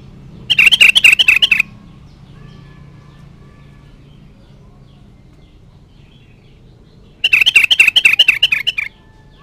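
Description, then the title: Sooty-headed bulbul giving two rapid chattering bursts of fast repeated notes, separated by a long quiet pause. "Kutilang"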